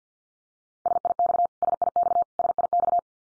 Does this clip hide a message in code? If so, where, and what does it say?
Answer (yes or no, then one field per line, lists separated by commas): yes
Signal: Morse code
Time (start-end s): 0.9-3.0 s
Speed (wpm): 50 wpm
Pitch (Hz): 700 Hz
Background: none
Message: SIX SIX SIX